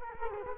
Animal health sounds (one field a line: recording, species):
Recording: mosquito wingbeat signal from an infrared sensor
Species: Culex quinquefasciatus